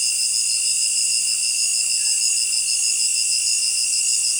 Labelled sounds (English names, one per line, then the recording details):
none
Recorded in dense forest near Puerto Asís, Putumayo, Colombia, on 21 December 2024 at 18:30
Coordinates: 0.467, -76.328
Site GP05